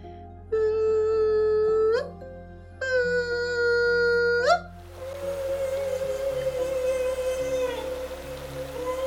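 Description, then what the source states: Humpback whale feeding calls: long, steady tonal trumpeting, the first two ending in a sharp upward sweep. Three drawn-out calls sound over a constant low hum. Made during bubble-net feeding while a group blows bubbles around a school of fish; it lasts 10 to 45 seconds and drives Pacific herring toward the surface.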